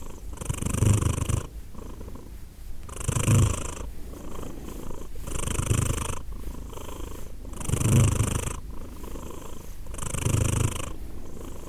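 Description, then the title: Cat purring, soft low rumble swelling in five regular breath cycles, each lasting about a second, separated by quieter gaps. Cat named Edith purring, recorded in Glasgow, Scotland, in December 2023. "Edith purring, Glasgow, Scotland in December 2023 – by Steve Urquhart"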